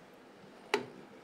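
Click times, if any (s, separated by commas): 0.7 s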